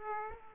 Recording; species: mosquito wingbeat signal from an infrared sensor; Aedes aegypti